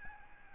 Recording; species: mosquito wingbeat signal from an infrared sensor; Aedes albopictus